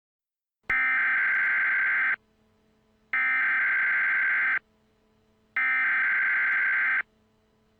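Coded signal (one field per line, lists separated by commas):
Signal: Emergency Alert System (SAME) tones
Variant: header bursts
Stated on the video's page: Fictional EAS scenario about a dust storm in Arizona.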